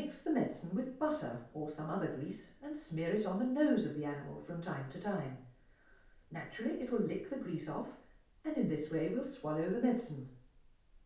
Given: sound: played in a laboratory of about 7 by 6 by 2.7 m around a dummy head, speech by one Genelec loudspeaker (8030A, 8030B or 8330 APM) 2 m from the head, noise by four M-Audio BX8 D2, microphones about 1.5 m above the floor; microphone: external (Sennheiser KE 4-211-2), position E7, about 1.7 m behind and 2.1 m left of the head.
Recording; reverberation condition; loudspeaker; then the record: female speech in English; medium; 60 degrees to the right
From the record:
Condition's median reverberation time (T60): about 510 ms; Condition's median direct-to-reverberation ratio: about -0.5 dB